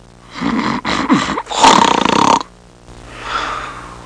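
An adult snoring.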